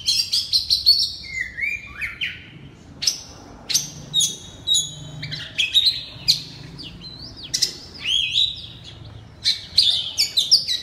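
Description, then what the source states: Oriental magpie-robin singing continuously, mixing loud whistled slurs, sharp chips and short trills in quick succession. Loud 'ngeplong' song style of the kacer.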